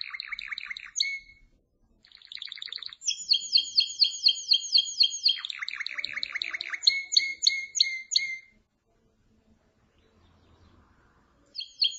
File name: Canary Voice